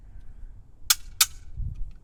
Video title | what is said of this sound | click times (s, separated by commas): HVAC Van Tour 2022 - HVACR Service Van - Kitchen Refrigeration | and then you just you know close it and it clicks in place | 0.9 s, 1.2 s